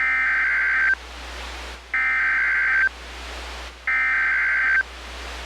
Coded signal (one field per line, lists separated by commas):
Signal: Emergency Alert System (SAME) tones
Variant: header bursts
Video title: random eas HMW mock